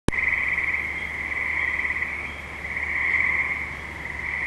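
Frog calling, a steady high trilling drone that swells and fades slightly, with a faint low hum underneath.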